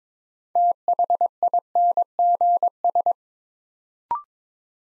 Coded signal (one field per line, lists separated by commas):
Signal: Morse code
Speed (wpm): 21 wpm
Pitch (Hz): 700 Hz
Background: none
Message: THINGS